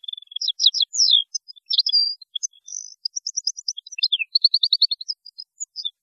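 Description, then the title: European goldfinch song running continuously, a lively jumble of high twitters, buzzy trills and quick repeated chirps with no pauses. "Chant Chardonneret"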